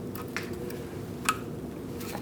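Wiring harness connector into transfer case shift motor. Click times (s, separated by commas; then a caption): 1.3 s. A plastic wiring harness electrical connector is pushed onto a new transfer case shift motor on a 2004-2012 Chevrolet Colorado. Soft handling and rustling ticks lead to a sharp click at 1.3 s as the connector seats, and then its locking tab is engaged.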